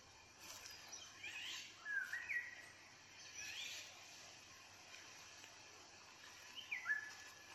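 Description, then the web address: Eurasian jay song: brief falling notes in three small groups. "geai chant"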